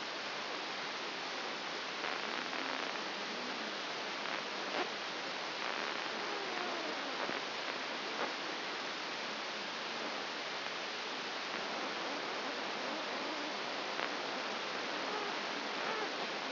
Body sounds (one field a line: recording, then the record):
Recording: brain microelectrode recording played as sound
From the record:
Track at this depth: outside the subthalamic nucleus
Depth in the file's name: 6.301 mm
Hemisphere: left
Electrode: 2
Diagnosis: Parkinson's disease